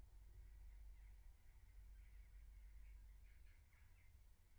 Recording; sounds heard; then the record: poultry house recording; no chicken sound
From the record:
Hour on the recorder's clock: 15